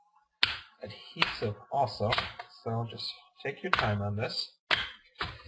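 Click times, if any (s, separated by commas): 0.4 s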